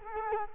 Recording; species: mosquito wingbeat signal from an infrared sensor; Culex quinquefasciatus